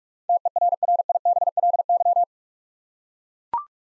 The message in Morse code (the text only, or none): TERRIBLY